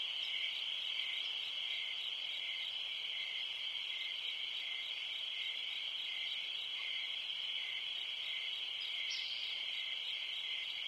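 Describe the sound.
Crickets calling in a dense, shrill, constant trill, a lower trill beneath and one brief sharper chirp late on.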